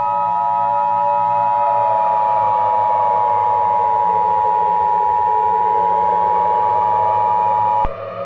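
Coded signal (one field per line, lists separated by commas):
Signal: Emergency Alert System (SAME) tones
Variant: 853 and 960 Hz attention tone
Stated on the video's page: Simulated EAS scenario about a solar eclipse.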